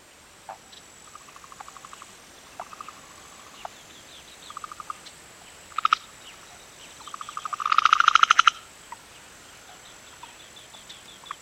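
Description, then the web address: Frogs calling with short clicks and brief pulsed notes, then a loud rattling burst, over a thin high insect hiss. Afternoon in a national park in Pakistan; many frogs, some close up, with insects. "BBC. pakistan many frogs some close up also birds insects and wind in trees"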